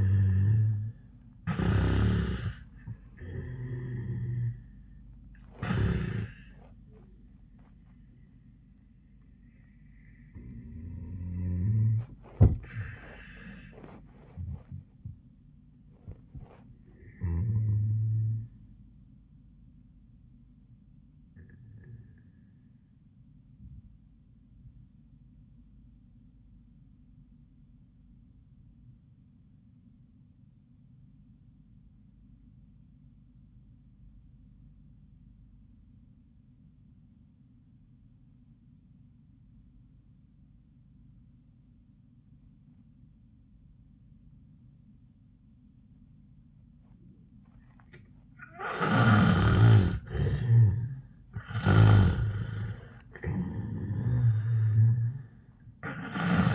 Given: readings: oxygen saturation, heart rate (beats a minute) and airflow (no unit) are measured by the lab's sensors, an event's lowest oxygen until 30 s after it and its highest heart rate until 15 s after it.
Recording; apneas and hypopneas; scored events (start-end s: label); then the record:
breathing in sleep by a smartphone at the bedside; 1
22.00-48.60 s: obstructive apnea (N1, oxygen 98% highest, then 69% lowest, heart rate 101 at the start, 101 highest)
From the record:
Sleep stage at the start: N1 (lightest sleep); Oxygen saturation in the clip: 72 to 98%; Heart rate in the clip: 66 to 103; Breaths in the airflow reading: 4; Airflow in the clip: -17.8 to 9.5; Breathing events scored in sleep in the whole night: 400 in 8.7 hours asleep